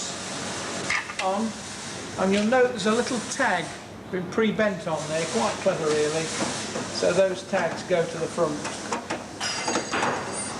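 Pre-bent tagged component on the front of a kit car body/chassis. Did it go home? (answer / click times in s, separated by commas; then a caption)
partly / 8.9 s, 9.1 s. During a Robin Hood Super Spec kit car build, two components with small pre-bent tags are pushed onto the front of the body/chassis while someone talks. Light hits are heard at 8.9 s and 9.1 s. The tags are deliberately left partly fitted rather than snapped fully home, so they can still be removed.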